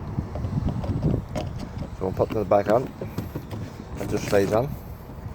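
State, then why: Not seated. Someone talks while sliding the emptying spout of a Carado T447 motorhome's toilet cassette back onto the cassette body, with light handling knocks and low background rumble. The clip ends before the part goes home, so nothing has seated or clicked yet.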